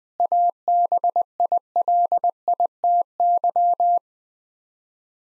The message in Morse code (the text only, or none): ABILITY